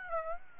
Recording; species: mosquito wingbeat signal from an infrared sensor; Aedes aegypti